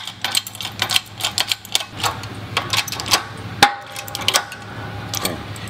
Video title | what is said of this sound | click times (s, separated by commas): AC Compressor BEARING Replacement of Car Clutch Pulley EN | you'll usually hear a pop | 3.6 s